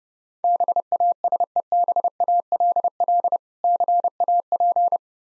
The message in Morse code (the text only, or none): BASEBALL CAP